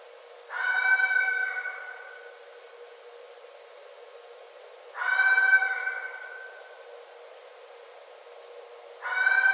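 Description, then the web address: Red fox calls: three rough, wailing harmonic cries, each steady then fading, repeated about every four to five seconds; the last is cut off. Recorded 9 December 2011. "Red Fox 2011 12 09 Red Fox"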